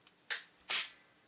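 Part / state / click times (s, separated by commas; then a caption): battery pack on cordless vacuum power unit / released / 0.3 s. The battery release button on a TruCozie cordless vacuum's power unit is pressed until it clicks at 0.3 s, freeing the battery pack so it can be popped off the vacuum. A faint tick comes at 0.1 s, and a louder, longer, bright burst of noise follows at 0.7 s. The battery pack is released.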